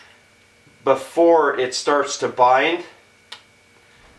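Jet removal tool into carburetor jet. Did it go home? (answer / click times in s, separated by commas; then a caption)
yes / 3.3 s. Someone talks while fitting a jet-removal tool into the brass main jet of an old generator's carburetor; the tool locks in place before it starts to bind. A single short tick is heard at 3.3 seconds as the tool seats in the jet.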